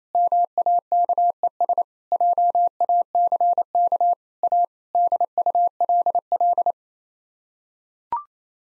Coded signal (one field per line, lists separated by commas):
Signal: Morse code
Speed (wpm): 28 wpm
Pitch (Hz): 700 Hz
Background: none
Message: MAKES JACK A DULL